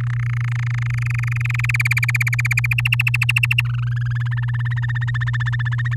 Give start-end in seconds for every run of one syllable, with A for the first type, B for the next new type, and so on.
0.00-1.71 A, 1.74-2.74 B, 2.78-3.62 C, 3.65-4.13 D, 4.15-5.95 E